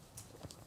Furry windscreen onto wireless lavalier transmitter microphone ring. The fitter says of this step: you just have to twist it once and it's attached firmly and locks into place with the lark